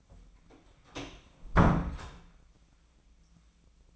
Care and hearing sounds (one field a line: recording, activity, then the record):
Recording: daily activity, microphone in the room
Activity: close door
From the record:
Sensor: 1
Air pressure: 1009.2 hPa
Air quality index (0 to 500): 192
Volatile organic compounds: 4 ppm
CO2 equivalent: 1610 ppm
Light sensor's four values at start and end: 34/92/37/44 and 33/91/37/43